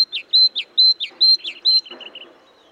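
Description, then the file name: Great tit giving several quick high whistle-and-drop phrases, followed by a short trio of softer, lower clipped notes before falling silent. "Parus major"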